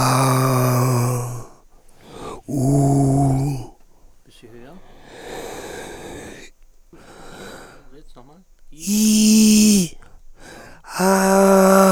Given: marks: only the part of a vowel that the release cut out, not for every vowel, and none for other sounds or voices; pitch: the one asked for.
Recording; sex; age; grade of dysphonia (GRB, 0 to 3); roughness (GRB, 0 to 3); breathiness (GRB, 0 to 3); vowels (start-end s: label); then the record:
sustained vowels; male; 30 to 39 years; 3; 3; 3
0.00-1.02 s: vowel /a/, normal pitch
2.60-3.25 s: vowel /u/, normal pitch
11.05-11.69 s: vowel /a/, high pitch
From the record:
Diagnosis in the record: laryngeal tumor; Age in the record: 38 years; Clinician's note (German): Riesiger KK-Tu links, transglottisch, 3-Etagen